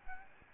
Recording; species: mosquito wingbeat signal from an infrared sensor; Aedes albopictus